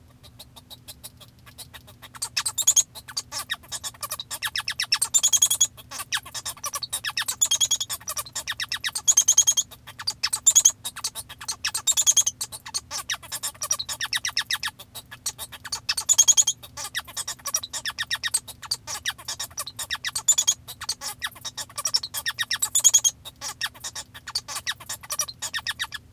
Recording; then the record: song of a male Bengalese finch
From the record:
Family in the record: father 1